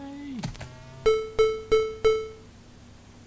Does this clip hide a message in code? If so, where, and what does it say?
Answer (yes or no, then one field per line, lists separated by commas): no